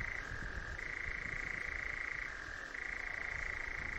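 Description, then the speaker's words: European nightjar giving a continuous whirring churr that switches between two pitches several times, with faint low background noise. Listener's recording made in Northumberland in June. "He writes he was lucky enough to record a nightjar, including its wing claps, in Northumberland"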